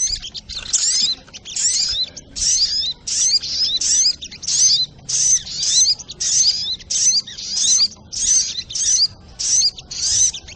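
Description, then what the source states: Little Spiderhunter song in fast, high, scratchy chatter phrases, many bursts in succession with only short breaks. Training recording (masteran) of a sogok ontong, labelled 'Labaik'.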